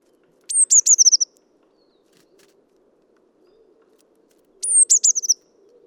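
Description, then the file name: Eurasian blue tit calls twice, each a high thin note sliding down into a rapid falling churr of short notes, about four seconds apart, over faint low hum. "Cyanistes caeruleus"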